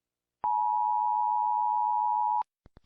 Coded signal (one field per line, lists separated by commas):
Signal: Emergency Alert System (SAME) tones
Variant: 853 and 960 Hz attention tone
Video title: Rating EAS Alarms! Part 1 PARTE 1